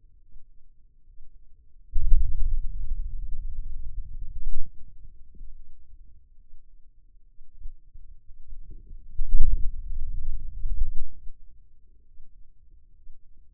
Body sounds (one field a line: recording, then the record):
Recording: forearm muscle sounds (acoustic myography)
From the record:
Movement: hand opening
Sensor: system 2, bracelet of six BSWA MPA416 microphones around the upper forearm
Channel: 5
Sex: male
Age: 22 years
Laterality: right